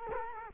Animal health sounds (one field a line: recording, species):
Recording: mosquito wingbeat signal from an infrared sensor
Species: Culex quinquefasciatus